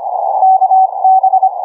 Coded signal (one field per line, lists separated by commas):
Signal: Morse code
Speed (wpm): 25 wpm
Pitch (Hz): 760 Hz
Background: none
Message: KB